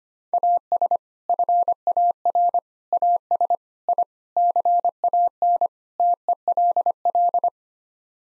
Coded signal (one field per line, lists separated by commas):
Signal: Morse code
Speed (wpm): 25 wpm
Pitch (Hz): 700 Hz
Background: none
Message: AS FAR AS I CAN TELL